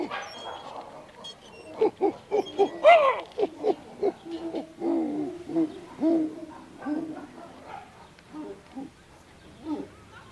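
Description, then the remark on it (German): A person imitates a walrus call with a run of short, hoarse hoots and barking grunts in an irregular rhythm, moderately loud, with no words spoken. “Walrus kannst du ja schon.”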